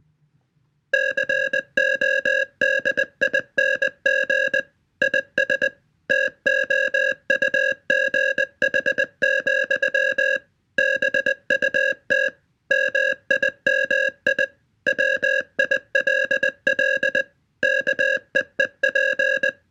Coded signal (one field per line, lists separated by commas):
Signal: Morse code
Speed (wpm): 20 wpm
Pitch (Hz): 1650 Hz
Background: music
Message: CODING IS TOUGH, BUT MIMI WILL KEEP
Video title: TALKING LIGHT BY DANCING MORSE CODE